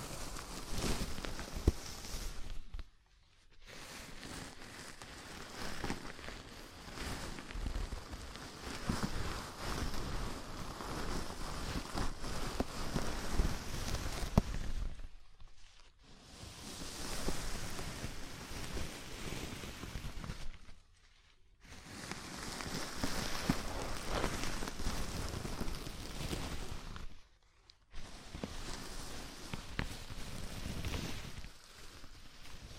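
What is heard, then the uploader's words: Fingers rub a scalp in dense, crackly rustling bursts of hair friction, broken by brief silent pauses around 3, 15, 21 and 27 seconds. ASMR Sleepy Scalp Massage (No Talking).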